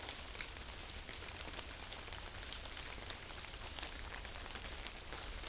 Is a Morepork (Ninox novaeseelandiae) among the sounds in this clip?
no